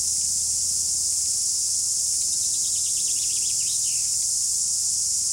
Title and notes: Sound Escape 108: Exotic sounds of spring on a New Zealand river. The chorus of cicadas is the summer song of the forest